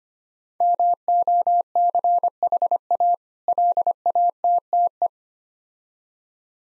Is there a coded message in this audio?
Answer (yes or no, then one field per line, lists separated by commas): yes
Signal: Morse code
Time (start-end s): 0.6-5.1 s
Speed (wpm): 25 wpm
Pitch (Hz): 700 Hz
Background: none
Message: MOCHA LATTE